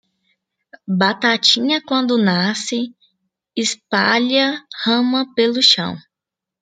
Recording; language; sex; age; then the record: short text; Brazilian Portuguese; female; 20 to 29 years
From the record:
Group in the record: control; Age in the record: 25 years